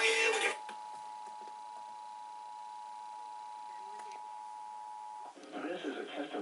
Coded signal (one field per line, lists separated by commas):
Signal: Emergency Alert System (SAME) tones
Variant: 853 and 960 Hz attention tone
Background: speech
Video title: (EAS #961-972) Required Monthly Tests From 3/3/2024